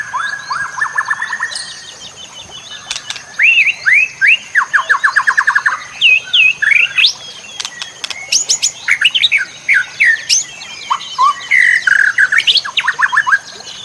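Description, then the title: White-rumped shama song: varied loud phrases of rising whistles, fast repeated trills and sharp clicking notes, with brief pauses between bursts; a steady high hiss runs throughout. Masteran song used to tutor other birds. "MASTERAN MURAI BATU LABAIK"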